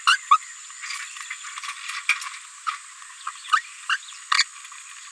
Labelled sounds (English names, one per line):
Green-rumped Parrotlet babbling